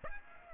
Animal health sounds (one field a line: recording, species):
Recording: mosquito wingbeat signal from an infrared sensor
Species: Aedes aegypti